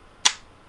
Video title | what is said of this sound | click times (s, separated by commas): Kel tec sub 2000 review | push this cap pop | 0.3 s